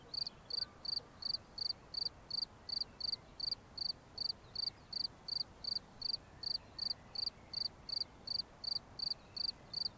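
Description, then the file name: Cricket chirping: short, bright pulsed chirps repeated steadily about three times per second throughout, over a faint low background hiss. "Grillons"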